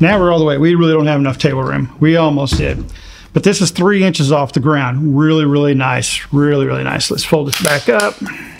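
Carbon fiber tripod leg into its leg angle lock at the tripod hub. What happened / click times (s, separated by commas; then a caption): The leg is handled but no seating click is heard yet / none. Someone talks while handling a Leofoto Ranger Series carbon fiber tripod, its leg laid flat in the low-angle position about 3 inches off the ground, then begins folding the leg back up toward its leg angle lock at the tripod hub. Nothing has seated or clicked into place yet.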